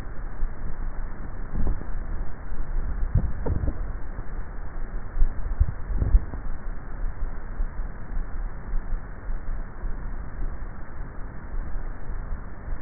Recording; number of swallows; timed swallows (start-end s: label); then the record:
swallowing sounds by neck microphone; 2
2.78-3.75 s: swallow
5.28-6.22 s: swallow
From the record:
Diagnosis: dysphagia